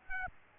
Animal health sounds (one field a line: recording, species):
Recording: mosquito wingbeat signal from an infrared sensor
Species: Aedes aegypti